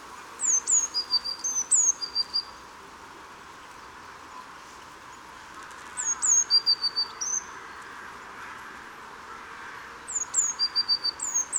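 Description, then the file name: Eurasian blue tit singing: three bursts of very high, thin slurred notes dropping into a lower buzzy trill, with pauses between, over a steady low hiss. "Cyanistes caeruleus"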